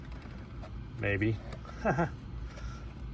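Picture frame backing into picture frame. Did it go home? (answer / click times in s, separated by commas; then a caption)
no / none. A printed schematic and its backing are pressed into a picture frame with glass, one-handed, while someone talks. Nothing has popped into place yet, and the backing is left unseated to avoid cracking the glass.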